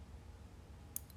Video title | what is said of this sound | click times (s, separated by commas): Gift Guide for Men’s Jewelry | what a satisfying click is what keeps it nice and strong um | 1.0 s